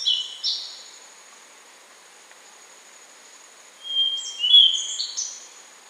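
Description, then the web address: Rufous-brown solitaire: a brief end of one phrase, a pause, then a long drawn whistle leading into squeaky, wavering notes, against a constant high insect drone. Recorded in Ecuador. "Birds of Ecuador. Rufous-brown Solitaire"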